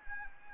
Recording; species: mosquito wingbeat signal from an infrared sensor; Anopheles arabiensis